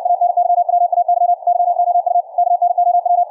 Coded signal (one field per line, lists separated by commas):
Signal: Morse code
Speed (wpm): 64 wpm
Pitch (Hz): 700 Hz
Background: radio noise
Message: ANYWAY YOU KNOW